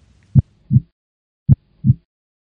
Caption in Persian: ضربان قلب. یکیش انگار محکمتر میزنه و یکیش آرومتر.